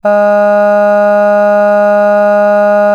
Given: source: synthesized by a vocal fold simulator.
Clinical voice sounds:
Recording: sustained vowel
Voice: female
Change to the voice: none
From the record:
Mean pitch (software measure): 206 Hz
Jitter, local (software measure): 0.19%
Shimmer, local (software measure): 1.4%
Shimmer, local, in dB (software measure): 0.12 dB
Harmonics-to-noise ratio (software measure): 31.7 dB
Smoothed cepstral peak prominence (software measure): 18.9 dB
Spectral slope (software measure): -21.9 dB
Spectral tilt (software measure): -8.6 dB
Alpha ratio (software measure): -12.4 dB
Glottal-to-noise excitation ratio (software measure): 0.975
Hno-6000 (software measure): 2.4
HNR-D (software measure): 39.0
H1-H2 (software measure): 8.7 dB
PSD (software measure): 2.0e-05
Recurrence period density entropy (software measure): 0.130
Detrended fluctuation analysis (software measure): 0.0275

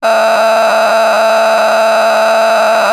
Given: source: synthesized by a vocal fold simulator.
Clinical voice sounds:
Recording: sustained vowel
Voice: female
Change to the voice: a random mix of aspiration noise, stiffness perturbation and strain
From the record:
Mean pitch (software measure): 221 Hz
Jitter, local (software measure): 4.75%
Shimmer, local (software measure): 9.4%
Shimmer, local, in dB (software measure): 0.92 dB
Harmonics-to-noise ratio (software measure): 7.0 dB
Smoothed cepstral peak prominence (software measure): 9.7 dB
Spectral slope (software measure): -15.7 dB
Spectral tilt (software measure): -8.8 dB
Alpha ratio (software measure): -6.3 dB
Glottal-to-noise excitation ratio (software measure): 0.894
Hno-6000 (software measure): 1.7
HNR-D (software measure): 26.6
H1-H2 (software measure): -3.6 dB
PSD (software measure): 2.3e-03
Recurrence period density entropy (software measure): 0.131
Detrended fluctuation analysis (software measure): 0.0113

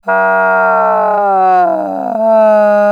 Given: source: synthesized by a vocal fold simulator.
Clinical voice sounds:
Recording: sustained vowel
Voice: female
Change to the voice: asymmetry, level 51 of 51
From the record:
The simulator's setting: 6.00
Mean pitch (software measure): 150 Hz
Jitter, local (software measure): 0.62%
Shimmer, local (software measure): 3.8%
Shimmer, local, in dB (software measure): 0.39 dB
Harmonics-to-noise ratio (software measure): 21.5 dB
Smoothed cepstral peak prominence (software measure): 15.1 dB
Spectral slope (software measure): -18.6 dB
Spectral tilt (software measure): -13.1 dB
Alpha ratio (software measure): -9.0 dB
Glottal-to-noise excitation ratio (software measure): 0.825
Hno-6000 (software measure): 2.6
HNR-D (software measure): 28.6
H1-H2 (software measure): -2.6 dB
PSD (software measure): 2.5e-03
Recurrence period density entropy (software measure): 0.127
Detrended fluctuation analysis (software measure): 0.0216

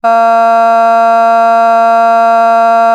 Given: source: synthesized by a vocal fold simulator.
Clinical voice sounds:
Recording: sustained vowel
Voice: female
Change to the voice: vocal strain, level 4 of 10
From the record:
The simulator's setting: 0.33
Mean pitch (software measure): 229 Hz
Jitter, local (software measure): 0.26%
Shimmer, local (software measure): 0.9%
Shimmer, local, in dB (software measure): 0.08 dB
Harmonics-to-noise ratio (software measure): 32.3 dB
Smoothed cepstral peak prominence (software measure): 21.3 dB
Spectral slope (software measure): -18.5 dB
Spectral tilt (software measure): -7.9 dB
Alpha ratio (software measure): -9.0 dB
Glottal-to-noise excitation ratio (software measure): 0.993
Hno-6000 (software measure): 2.2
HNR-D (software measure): 46.0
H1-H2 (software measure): -0.3 dB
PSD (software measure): 1.3e-05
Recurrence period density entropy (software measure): 0.126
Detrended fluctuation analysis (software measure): 0.0111

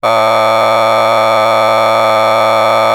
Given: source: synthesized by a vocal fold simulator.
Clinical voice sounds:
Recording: sustained vowel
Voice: male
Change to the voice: a random mix of aspiration noise, stiffness perturbation and strain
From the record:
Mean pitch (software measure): 111 Hz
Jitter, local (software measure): 2.66%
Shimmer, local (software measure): 3.0%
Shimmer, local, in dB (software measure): 0.23 dB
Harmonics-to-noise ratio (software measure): 7.9 dB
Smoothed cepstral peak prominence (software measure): 14.1 dB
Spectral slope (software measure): -12.9 dB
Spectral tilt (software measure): -9.8 dB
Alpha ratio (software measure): -3.4 dB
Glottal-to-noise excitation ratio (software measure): 0.979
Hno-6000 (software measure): 1.8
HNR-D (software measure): 22.2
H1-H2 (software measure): 0.5 dB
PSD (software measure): 2.1e-04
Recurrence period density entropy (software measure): 0.127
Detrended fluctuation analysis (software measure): 0.0330

